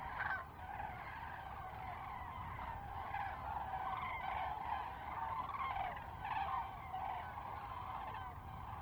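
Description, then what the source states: Common cranes, a dense chorus of many overlapping trumpeting calls forming a steady rolling din, with a few louder bugles standing out. Several birds, close fly-by, Lac du Der, France, 10 January 2021.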